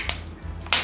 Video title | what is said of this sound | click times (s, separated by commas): Mophie Juice Pack H2Pro Case for iPhone 6/6s - My Impressions and Review | installation was super simple and a bunch of satisfying clicks are heard when you have it in place | 0.1 s, 0.7 s